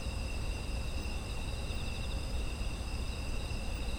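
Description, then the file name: Insects in a steady chorus of several continuous high trilling tones layered together, with a constant low rumble underneath. Ambient chorus of autumn insects. "秋の虫の環境音"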